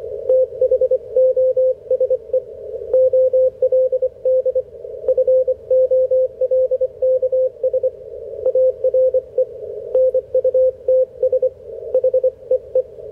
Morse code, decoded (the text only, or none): THOSE OLD FOLKS ARE NUTS HEE